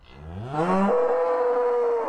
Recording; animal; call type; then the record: contact call of a hoofed animal; cattle; low-frequency (closed-mouth) or high-frequency (open-mouth) call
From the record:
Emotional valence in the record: negative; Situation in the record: full separation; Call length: 2.2 s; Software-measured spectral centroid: 1030 Hz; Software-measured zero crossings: 1110 a second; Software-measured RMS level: -23 dBFS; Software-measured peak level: -11 dBFS